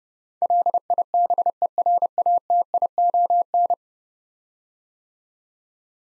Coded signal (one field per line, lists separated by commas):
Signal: Morse code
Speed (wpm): 32 wpm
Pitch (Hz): 700 Hz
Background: none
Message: LIBERATION